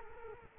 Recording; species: mosquito wingbeat signal from an infrared sensor; Culex quinquefasciatus